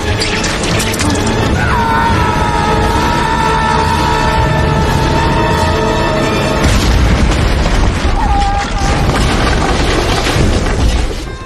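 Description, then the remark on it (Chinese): A bridge collapsing under a speeding train in a Spider-Man film scene: a loud, continuous roar of crashing and rumbling with a long, high metallic screech running through it, a fresh burst of smashing partway, then a cut-off. “好，随着这个最后的这个桥塌了，火车其实慢慢的减速停下来了，但是由于惯性呢，它还是有一节这个车厢伸到了这个断桥的外面。”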